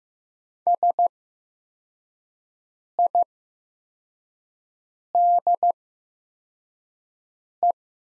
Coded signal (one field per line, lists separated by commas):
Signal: Morse code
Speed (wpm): 15 wpm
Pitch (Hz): 700 Hz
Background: none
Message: SIDE